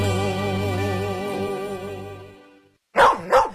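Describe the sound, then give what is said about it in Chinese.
A sustained, wavering musical tone fades out into a short silence, then a dog barks twice in quick succession, loud and sharp: Erlang Shen's dog Xiaotian Quan in a 2018 Beijing Music Radio advertisement for Wuliangye Year of the Dog zodiac liquor. “二郎神哮天犬怎么又忘了？”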